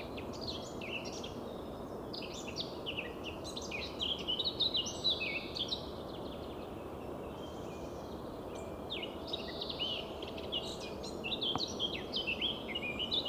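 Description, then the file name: Eurasian blackcap song in two bursts of rapid chattering and fluted whistled notes, separated by a quieter gap, over constant background noise. "Sylvia atricapilla"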